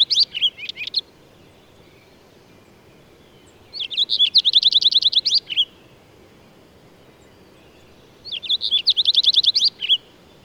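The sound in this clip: Bird song: three bursts of fast, high repeated chipping notes forming trills, recurring about every four to five seconds, the first cut off.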